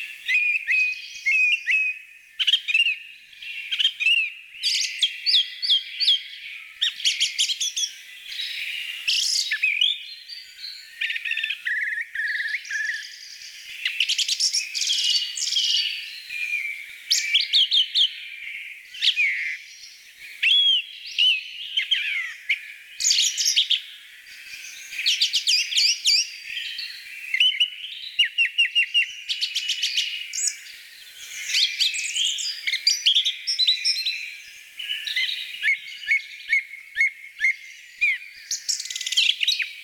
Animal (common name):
Song Thrush